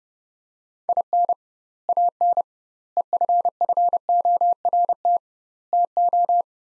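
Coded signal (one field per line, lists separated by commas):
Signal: Morse code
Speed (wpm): 30 wpm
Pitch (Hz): 700 Hz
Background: none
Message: IN AN EFFORT TO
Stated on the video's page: Practice drill of sets of four words at 30wpm with doubled word-spacing, a Farnsworth-like method for head-copy practice.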